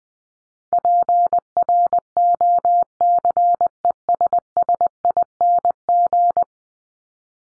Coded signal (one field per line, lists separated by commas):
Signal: Morse code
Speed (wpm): 20 wpm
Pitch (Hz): 700 Hz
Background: none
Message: PROCESSING